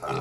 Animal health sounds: pig call; weaner (32 to 43 days)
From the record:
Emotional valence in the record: negative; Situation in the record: long isolation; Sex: female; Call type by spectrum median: low-frequency call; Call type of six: low-frequency modulated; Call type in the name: low-frequency modulated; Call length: 0.20 s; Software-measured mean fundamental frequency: 69 Hz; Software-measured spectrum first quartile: 369 Hz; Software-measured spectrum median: 749 Hz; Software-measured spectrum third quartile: 1380 Hz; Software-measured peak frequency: 409 Hz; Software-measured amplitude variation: 101 dB a second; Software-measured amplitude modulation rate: 19.5 a second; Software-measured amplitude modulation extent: 5.2 dB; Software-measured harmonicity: 0.7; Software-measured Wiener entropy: -0.78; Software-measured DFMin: 545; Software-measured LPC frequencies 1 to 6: 615, 1294, 2471, 3425, 4023, 4952 Hz

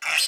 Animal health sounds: pig call; piglet (1 to 25 days)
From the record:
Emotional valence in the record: negative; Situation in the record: restrain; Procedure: in the arms of a person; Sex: female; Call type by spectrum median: high-frequency call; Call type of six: high-frequency stable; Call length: 0.28 s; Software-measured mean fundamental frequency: 261 Hz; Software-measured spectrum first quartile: 2452 Hz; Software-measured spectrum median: 3645 Hz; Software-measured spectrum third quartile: 5905 Hz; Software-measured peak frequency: 2614 Hz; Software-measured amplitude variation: 124 dB a second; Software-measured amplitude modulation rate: 15.9 a second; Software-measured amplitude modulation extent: 7.8 dB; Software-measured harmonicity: 3.2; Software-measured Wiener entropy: -2.07

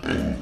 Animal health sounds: pig call; growing-finishing pig (85 days or more)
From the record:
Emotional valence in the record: negative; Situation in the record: barren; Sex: female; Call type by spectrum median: low-frequency call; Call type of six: low-frequency modulated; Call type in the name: low-frequency modulated, not sure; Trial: 1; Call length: 0.42 s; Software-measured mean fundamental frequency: 42 Hz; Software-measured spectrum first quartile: 208 Hz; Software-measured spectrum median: 419 Hz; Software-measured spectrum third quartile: 1316 Hz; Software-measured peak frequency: 247 Hz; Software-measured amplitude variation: 154 dB a second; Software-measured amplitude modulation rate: 28.7 a second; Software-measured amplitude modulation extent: 5.3 dB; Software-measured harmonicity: 0.3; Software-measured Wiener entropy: -1.93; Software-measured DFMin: 871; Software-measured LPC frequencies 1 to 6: 1561, 2251, 2866, 3638, 4413, 5417 Hz

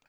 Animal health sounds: pig call; piglet (1 to 25 days)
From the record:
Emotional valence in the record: positive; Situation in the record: short reunion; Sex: male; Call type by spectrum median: low-frequency call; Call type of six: low-frequency tonal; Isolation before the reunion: 3 minutes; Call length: 0.09 s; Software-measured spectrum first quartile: 995 Hz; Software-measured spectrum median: 2062 Hz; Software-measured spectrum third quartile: 3713 Hz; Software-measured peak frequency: 2463 Hz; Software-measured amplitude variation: 164 dB a second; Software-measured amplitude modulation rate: 5.9 a second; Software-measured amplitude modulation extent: 28.0 dB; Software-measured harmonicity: 1.1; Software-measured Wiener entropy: -0.90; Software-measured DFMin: 764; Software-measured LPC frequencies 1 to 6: 785, 1536, 2481, 3599, 4615, 5889 Hz

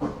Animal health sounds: pig call; growing-finishing pig (85 days or more)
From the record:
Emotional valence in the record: positive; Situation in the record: run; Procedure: transit

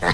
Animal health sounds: pig call; piglet (1 to 25 days)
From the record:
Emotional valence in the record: positive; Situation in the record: reunion after long isolation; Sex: male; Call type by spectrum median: low-frequency call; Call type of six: low-frequency tonal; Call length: 0.14 s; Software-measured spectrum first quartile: 489 Hz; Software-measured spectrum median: 1136 Hz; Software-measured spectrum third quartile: 2154 Hz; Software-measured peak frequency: 162 Hz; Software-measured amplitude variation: 78 dB a second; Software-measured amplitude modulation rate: 3.5 a second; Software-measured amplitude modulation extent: 22.1 dB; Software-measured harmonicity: -0.5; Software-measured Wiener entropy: -1.02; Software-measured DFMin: 953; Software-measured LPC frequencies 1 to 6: 773, 1871, 4107, 4787, 6315, 7394 Hz

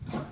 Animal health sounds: pig call; growing-finishing pig (85 days or more)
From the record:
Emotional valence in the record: positive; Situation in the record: run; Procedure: transit

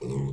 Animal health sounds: pig call; weaner (32 to 43 days)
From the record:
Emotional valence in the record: negative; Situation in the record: short isolation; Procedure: open field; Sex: female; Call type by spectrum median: low-frequency call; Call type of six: low-frequency stable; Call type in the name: low-frequency stable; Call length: 0.33 s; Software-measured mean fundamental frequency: 66 Hz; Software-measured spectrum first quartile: 139 Hz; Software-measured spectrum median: 218 Hz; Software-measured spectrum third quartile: 463 Hz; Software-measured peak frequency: 138 Hz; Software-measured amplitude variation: 87 dB a second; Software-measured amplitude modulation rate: 16.5 a second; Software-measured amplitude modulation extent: 5.3 dB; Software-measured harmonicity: 0.8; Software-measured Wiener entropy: -0.63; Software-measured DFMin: 900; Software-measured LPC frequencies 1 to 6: 305, 2185, 3590, 4330, 5449, 6321 Hz

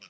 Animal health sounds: pig call; piglet (1 to 25 days)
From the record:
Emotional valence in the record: positive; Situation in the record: short reunion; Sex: male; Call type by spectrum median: high-frequency call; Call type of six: low-frequency tonal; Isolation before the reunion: 3 minutes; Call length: 0.10 s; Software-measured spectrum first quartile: 2360 Hz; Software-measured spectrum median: 3452 Hz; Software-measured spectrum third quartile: 5309 Hz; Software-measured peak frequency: 2476 Hz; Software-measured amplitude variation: 142 dB a second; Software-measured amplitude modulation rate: 4.9 a second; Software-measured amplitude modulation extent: 28.8 dB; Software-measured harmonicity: 1.9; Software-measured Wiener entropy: -1.26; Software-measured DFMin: 1081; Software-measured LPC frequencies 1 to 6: 1302, 2478, 2935, 5389, 7796, 8837 Hz

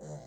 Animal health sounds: pig call; piglet (1 to 25 days)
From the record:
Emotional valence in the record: negative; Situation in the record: long isolation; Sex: male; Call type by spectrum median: low-frequency call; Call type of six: low-frequency stable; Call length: 0.27 s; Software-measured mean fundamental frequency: 71 Hz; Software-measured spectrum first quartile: 167 Hz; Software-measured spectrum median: 426 Hz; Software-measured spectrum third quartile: 909 Hz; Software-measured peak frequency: 529 Hz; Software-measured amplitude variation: 65 dB a second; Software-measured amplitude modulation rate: 16.5 a second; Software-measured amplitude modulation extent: 3.9 dB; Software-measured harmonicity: 4.6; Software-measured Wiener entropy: -0.33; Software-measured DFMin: 1174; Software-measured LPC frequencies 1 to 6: 586, 1821, 4097, 4951, 6253, 6997 Hz

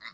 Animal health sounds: pig call; piglet (1 to 25 days)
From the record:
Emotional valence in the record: positive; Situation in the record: reunion after long isolation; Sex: female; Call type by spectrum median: low-frequency call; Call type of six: low-frequency tonal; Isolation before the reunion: 8 minutes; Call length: 0.14 s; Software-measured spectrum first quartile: 1818 Hz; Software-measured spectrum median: 2342 Hz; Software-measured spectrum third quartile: 4155 Hz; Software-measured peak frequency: 2038 Hz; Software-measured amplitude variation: 158 dB a second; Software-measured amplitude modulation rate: 3.7 a second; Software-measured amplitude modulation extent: 42.9 dB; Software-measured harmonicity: 4.0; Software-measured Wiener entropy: -2.05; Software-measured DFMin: 580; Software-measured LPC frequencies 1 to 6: 1190, 2045, 3787, 4224, 4714, 5259 Hz

